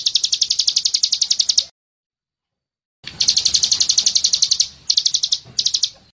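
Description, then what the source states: Bird song in bursts of fast, high, buzzy chirps. The first burst is separated by a pause, followed by a longer run and two short bursts. Masteran training recording used to teach songbirds.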